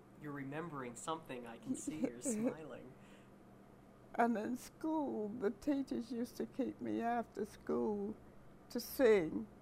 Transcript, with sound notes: You're remembering something. I can see you're smiling.
[chuckles] And in school, the teachers used to keep me after school to sing,